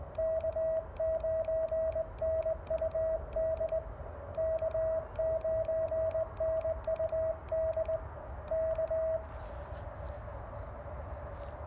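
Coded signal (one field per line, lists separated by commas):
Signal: Morse code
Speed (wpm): 20 wpm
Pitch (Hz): 640 Hz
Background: radio noise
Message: K9NUD K9NUD K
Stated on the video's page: Park activation worked with a cootie key: Elecraft KX1 and KXPD1 paddles in cootie mode, a home-brew end-fed half-wave antenna, and a DSP filter.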